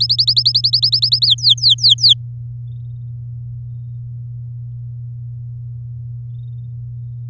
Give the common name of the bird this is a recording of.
Domestic Canary